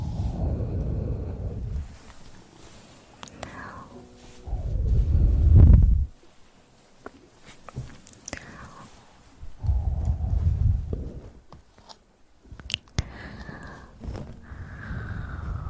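Mouth sounds come in separate bursts: low, full smacks near the start, around five seconds and again near ten seconds, with quieter wet clicks and sharp ticks scattered between them. Short silent gaps separate the bursts, and some soft breathy noise rises and falls among the clicks.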